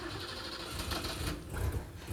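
A car engine turns over and settles into a steady, rapid mechanical rumble, with low throbbing underneath a dense buzzing clatter. No voices are heard.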